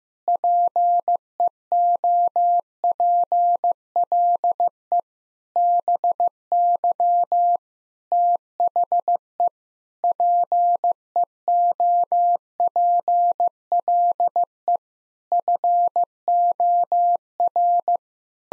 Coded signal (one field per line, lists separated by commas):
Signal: Morse code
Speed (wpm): 15 wpm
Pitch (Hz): 700 Hz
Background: none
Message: PEOPLE BY THE PEOPLE FOR